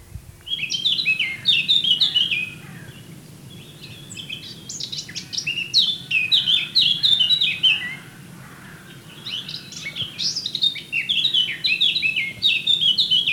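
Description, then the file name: Eurasian blackcap song: three lively warbled phrases of chattering, jumbled notes, with short pauses between them. "Sylvia atricapilla"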